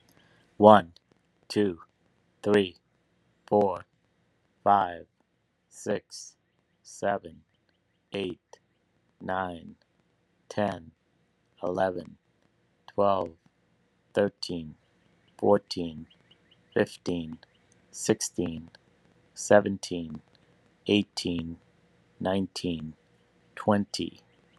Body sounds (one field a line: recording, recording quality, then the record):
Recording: counting at a normal pace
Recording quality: excellent, no background noise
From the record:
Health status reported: respiratory illness, not identified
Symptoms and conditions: asthma, hypertension, diabetes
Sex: male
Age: 59 years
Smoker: not ticked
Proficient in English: yes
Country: United States